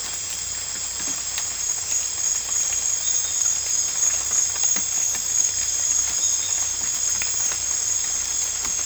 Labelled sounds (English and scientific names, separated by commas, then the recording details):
none
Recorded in dense forest near Puerto Asís, Putumayo, Colombia, on 18 December 2024 at 01:00
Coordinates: 0.484, -76.325
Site G056